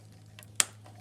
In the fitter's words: I don't know if you guys heard that snap but